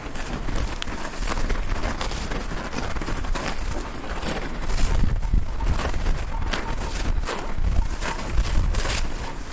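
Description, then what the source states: Cow grazing, with dense crisp tearing and munching noises of grass pulled and chewed, continuous low rumbling underneath, no calls heard. Cows feeding on a meadow in Kruchenhausen, part of Unterwössen, Chiemgau, Upper Bavaria.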